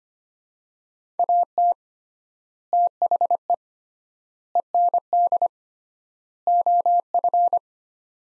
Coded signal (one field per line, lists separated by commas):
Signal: Morse code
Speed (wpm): 25 wpm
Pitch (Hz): 700 Hz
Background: none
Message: AT THE END OF